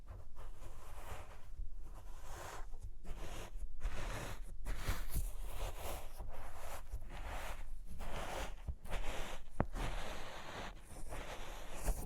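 Experimental triggers in test tubes: dense, gritty rustling and scraping bursts with brief pauses, fairly steady loudness, and a low rumble underneath throughout.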